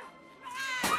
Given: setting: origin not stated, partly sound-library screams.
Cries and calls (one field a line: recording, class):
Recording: one-second piece from a danger detection set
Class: woman in danger